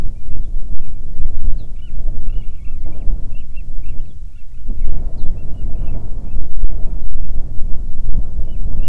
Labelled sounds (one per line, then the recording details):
bird
wind
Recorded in the Arctic National Wildlife Refuge, Alaska, on 9 July 2019 at 22:40
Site 48